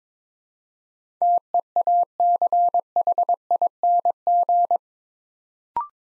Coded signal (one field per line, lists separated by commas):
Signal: Morse code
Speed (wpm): 22 wpm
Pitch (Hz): 700 Hz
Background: none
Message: TEACHING